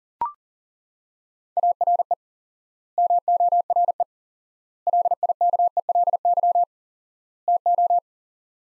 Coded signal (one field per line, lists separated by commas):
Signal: Morse code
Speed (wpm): 37 wpm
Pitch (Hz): 700 Hz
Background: none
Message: ARE MORE LIKELY TO